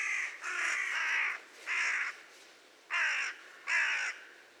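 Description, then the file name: Carrion crow cawing, a run of rasping, drawn-out caws with short pauses, the first few blending together, then three separate caws spaced about a second apart. "Corvus corone"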